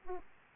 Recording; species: mosquito wingbeat signal from an infrared sensor; Aedes aegypti